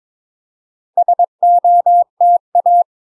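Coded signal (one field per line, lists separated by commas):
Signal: Morse code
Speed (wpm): 22 wpm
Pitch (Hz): 700 Hz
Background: none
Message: SOTA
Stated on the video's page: Homebrew iambic paddle made from paper clips, used for Summits on the Air activations.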